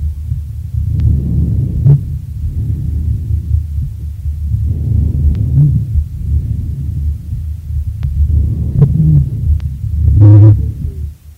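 In an adult chest heard by stethoscope, low, rumbling, snoring-like sounds swell with each breath, about three cycles in eleven seconds, with a brief tonal moan near the end. These are dry low-pitched (bass) rhonchi, most often heard in patients with bronchitis.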